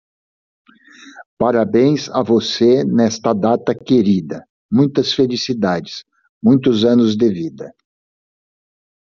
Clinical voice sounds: short text; Brazilian Portuguese; male; 60 to 69 years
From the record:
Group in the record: control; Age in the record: 63 years

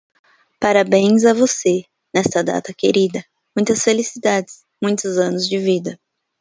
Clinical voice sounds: short text; Brazilian Portuguese; female; 30 to 39 years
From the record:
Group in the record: control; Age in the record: 30 years

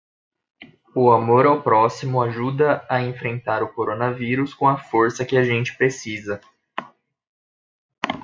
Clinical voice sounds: spoken sentence; Brazilian Portuguese; male; 20 to 29 years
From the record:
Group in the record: control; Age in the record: 27 years

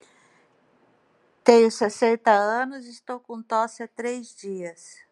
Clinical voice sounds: short text; Brazilian Portuguese; female; 60 to 69 years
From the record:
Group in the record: control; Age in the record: 60 years

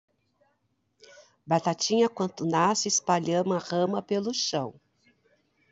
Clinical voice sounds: short text; Brazilian Portuguese; female; 50 to 59 years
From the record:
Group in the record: control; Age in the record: 55 years

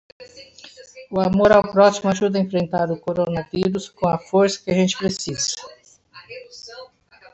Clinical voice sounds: spoken sentence; Brazilian Portuguese; female; 60 to 69 years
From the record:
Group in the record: control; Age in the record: 69 years

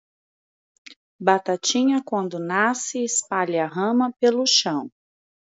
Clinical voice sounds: short text; Brazilian Portuguese; female; 30 to 39 years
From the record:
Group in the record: control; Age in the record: 36 years

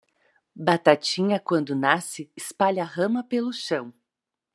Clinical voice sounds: short text; Brazilian Portuguese; female; 40 to 49 years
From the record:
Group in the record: control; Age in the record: 43 years

